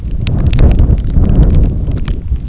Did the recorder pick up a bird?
no